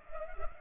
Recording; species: mosquito wingbeat signal from an infrared sensor; Culex pipiens